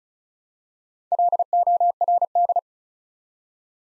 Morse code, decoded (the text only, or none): LORD